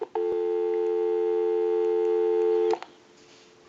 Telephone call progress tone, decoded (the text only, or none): dial tone